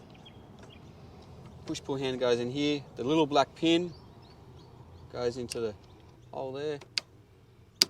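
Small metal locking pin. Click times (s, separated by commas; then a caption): 7.8 s. Someone talks while fitting the push-pull handle onto a caravan jockey wheel, then pushes the small black quick-release pin into the hole to fix it. The pin clicks in sharply at 7.8 seconds, seating it.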